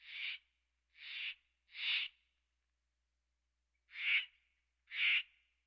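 Steller's jay giving harsh, rasping calls: three quick notes about a second apart, a pause, then two more, with a quiet background.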